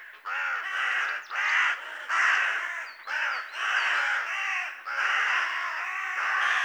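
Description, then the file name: Carrion Crow giving harsh, hoarse caws in a near-continuous run of several broad rasping calls, with a few thin higher chirps from another bird. "Corvus corone"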